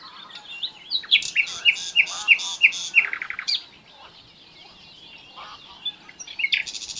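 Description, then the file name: Common nightingale song: a run of about seven loud, evenly spaced whistled notes, then a harsh buzzy rattle, followed by quieter scattered chirps and a brief trill at the end. "Luscinia megarhynchos"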